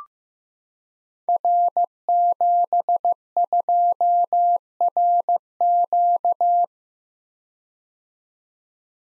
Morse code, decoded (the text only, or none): R72RQ